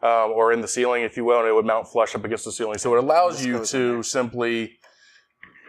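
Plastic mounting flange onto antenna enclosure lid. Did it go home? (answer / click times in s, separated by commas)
yes / 5.4 s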